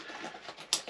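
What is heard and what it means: A metal carabiner clipped to a rucksack is opened to unclip an item. Over a low background of faint rustling, a sharp, loud metallic hit sounds at 0.7 s as the carabiner comes free and the item is released.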